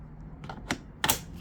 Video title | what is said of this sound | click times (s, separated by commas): 🔥 PACKOUT vs STACKTECH Compared StackTech Rolling Drawer Packout Rolling Drawer | and it locks in place. Same thing on the bottom, right? | 1.0 s